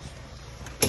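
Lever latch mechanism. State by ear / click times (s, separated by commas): seated / 0.8 s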